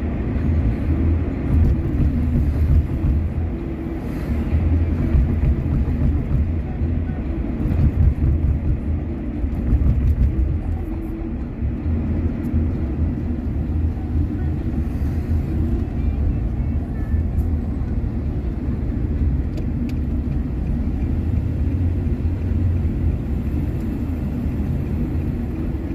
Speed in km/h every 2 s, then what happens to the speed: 64, 62, 61, 58, 52, 43, 31, 30, 31, 31, 33, 35, 37.
0-12 slows to 31. 12-19 steady at about 31. 19-26 speeds up to 37.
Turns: 15-22.